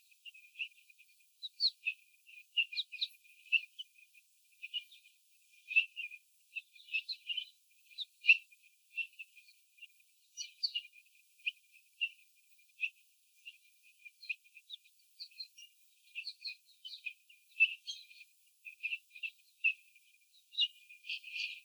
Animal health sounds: young laying hens in a cage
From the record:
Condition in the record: before the stressor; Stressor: sudden umbrella opening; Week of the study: 3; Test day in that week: 2

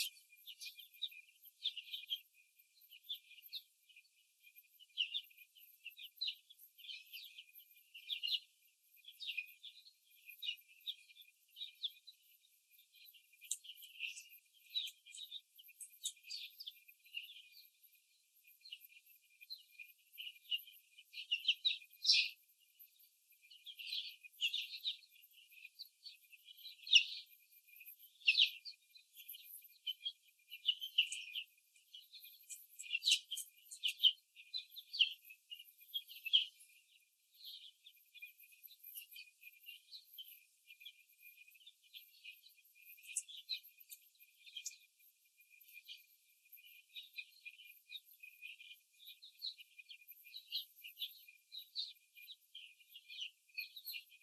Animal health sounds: young laying hens in a cage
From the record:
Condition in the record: before the stressor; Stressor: simulated dog barking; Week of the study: 3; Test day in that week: 1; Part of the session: 3

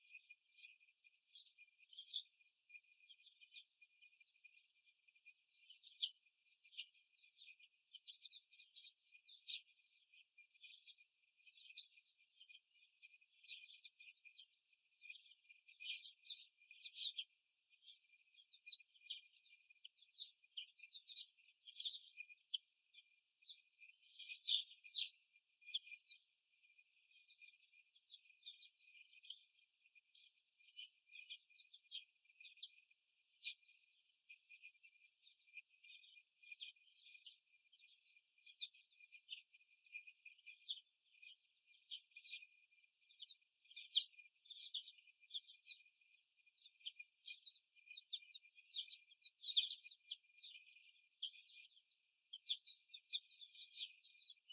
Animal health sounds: young laying hens in a cage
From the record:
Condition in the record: after the stressor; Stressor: simulated dog barking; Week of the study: 1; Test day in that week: 2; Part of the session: 1

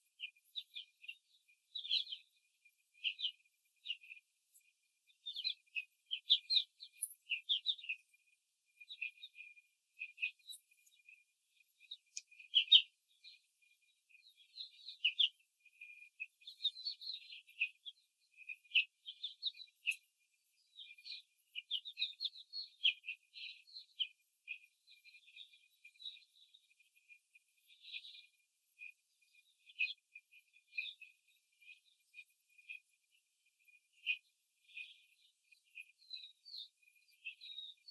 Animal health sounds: young laying hens in a cage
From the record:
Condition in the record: control cage, after the stress test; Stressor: none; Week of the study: 4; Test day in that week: 3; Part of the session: 2

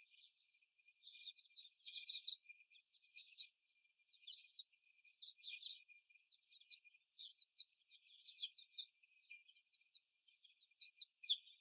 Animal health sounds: young laying hens in a cage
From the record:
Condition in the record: after the stressor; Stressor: simulated dog barking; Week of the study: 1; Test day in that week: 1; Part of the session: 1

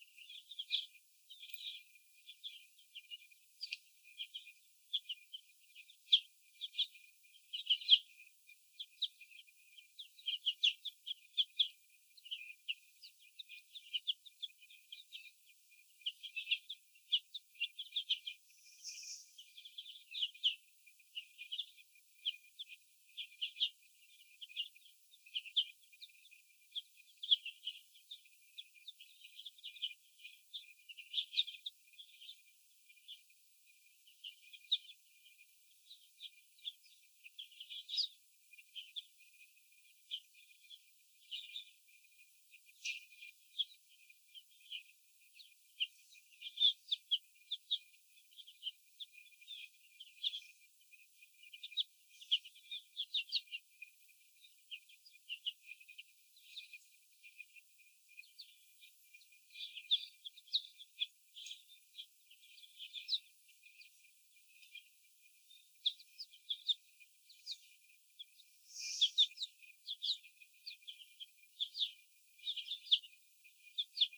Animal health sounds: young laying hens in a cage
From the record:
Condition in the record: before the stressor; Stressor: sudden umbrella opening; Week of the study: 2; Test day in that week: 1

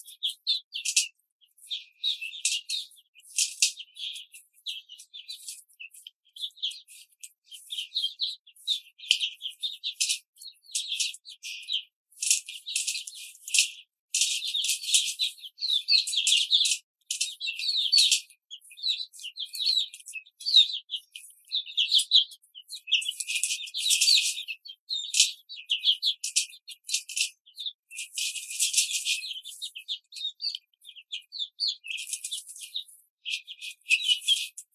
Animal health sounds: young laying hens in a cage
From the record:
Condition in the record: control cage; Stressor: none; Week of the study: 5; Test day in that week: 1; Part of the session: 3

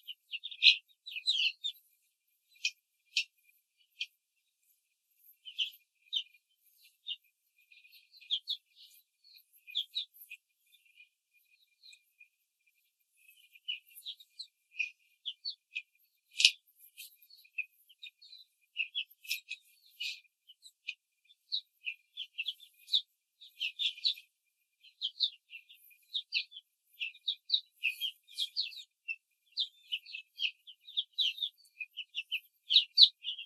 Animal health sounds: young laying hens in a cage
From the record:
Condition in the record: control cage, after the stress test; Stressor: none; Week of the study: 4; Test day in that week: 1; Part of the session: 3

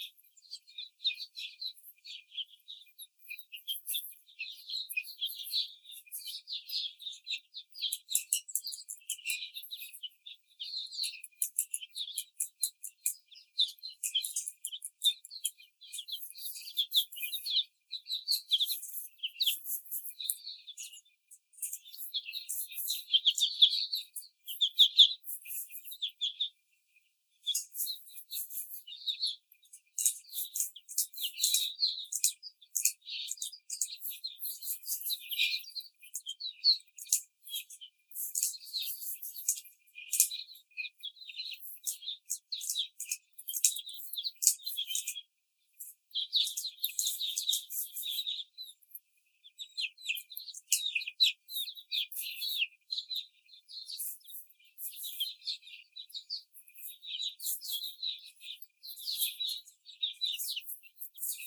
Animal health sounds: young laying hens in a cage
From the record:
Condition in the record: after the stressor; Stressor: simulated dog barking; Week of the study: 4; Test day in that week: 2

